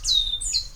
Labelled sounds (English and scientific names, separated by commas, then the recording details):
Stitchbird (Notiomystis cincta) song
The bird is a male
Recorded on Tiritiri Matangi Island, New Zealand, in 2005
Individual 19, of nest box 27